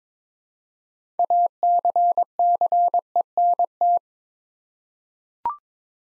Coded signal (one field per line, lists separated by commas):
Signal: Morse code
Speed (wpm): 22 wpm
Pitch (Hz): 700 Hz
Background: none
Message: ACCENT